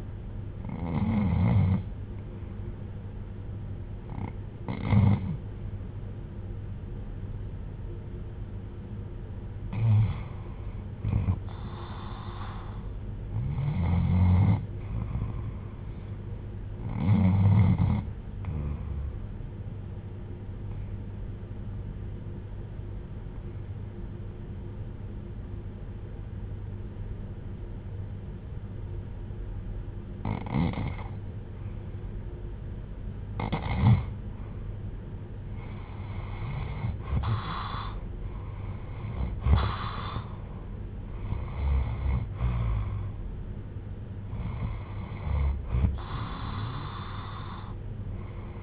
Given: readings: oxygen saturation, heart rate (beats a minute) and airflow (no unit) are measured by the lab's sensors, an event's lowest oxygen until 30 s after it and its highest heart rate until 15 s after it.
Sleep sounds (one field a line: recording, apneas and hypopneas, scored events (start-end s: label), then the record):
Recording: breathing in sleep by a smartphone at the bedside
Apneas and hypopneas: 1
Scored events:
3.00-36.40 s: hypopnea (REM, oxygen 96% highest, then 86% lowest, heart rate 66 at the start, 72 highest)
From the record:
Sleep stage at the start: REM sleep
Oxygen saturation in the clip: 87 to 96%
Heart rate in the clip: 62 to 72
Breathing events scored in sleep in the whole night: 310 in 8.1 hours asleep